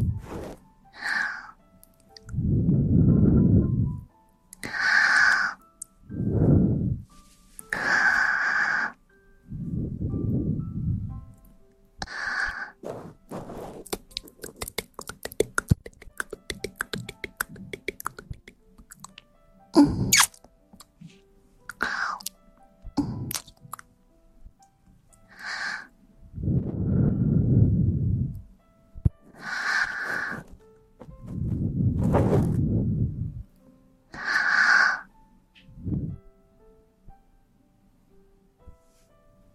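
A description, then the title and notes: Ear cleaning and ear massage, with deep muffled rubbing strokes alternating with brighter, airy brushing sounds, each lasting a second or two with short pauses between. From about 12 to 20 seconds, fine crackling and scratching takes over before the rubbing pattern resumes. ASMR Ear cleaning & Ear massage.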